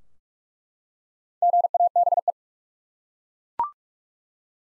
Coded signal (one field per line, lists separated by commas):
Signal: Morse code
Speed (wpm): 42 wpm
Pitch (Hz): 700 Hz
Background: none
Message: GABE